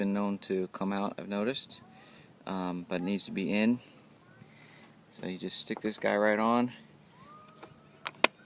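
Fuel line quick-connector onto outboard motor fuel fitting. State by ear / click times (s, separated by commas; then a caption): seated / 8.1 s, 8.3 s. Someone talks while a fuel line quick-connector, with its brass part in place, is pushed onto the fuel fitting of a Yamaha 6hp outboard motor. Two sharp clicks follow at 8.1 s and 8.3 s, the second much louder, as the connector seats.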